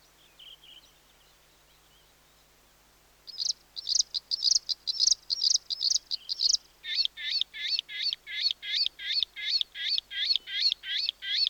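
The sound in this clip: Bluethroat song beginning after about three seconds of near quiet with a faint note: a series of high notes, then a fast run of repeated descending phrases.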